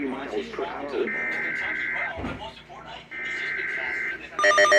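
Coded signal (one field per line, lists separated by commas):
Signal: Emergency Alert System (SAME) tones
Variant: header bursts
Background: speech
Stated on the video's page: Real EAS alerts from storms in New England.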